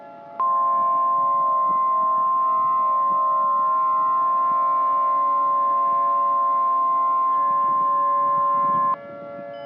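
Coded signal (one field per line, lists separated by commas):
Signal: Emergency Alert System (SAME) tones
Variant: 1050 Hz attention tone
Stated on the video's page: Fictional, hypothetical EAS scenario about tornadoes, not a real alert.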